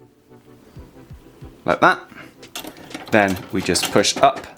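A plastic ink cartridge is handled in the carriage holder of a Canon PIXMA MG2550S/MG2551S printer as it is about to be pushed up into its locked position. Someone talks over faint handling noises, with brief sharp sounds around 2.6 s and 2.9 s. The cartridge has not clicked or seated yet.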